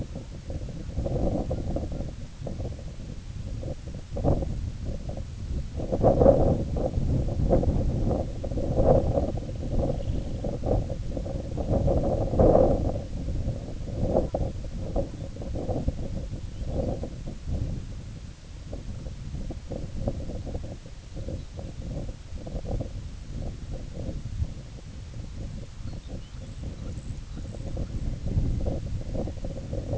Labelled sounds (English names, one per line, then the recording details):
unidentified sound
Semipalmated Sandpiper
Lapland Longspur
White-rumped Sandpiper
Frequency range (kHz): Semipalmated Sandpiper 2.5-3.9 kHz; Lapland Longspur 2.6-4.9 kHz
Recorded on Arctic tundra, site IGLO-A, on 20 June 2018
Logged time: 07:59